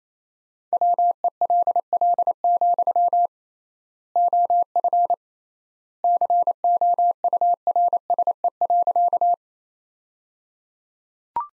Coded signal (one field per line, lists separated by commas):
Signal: Morse code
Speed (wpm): 28 wpm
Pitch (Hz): 700 Hz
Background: none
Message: WELL, OF COURSE.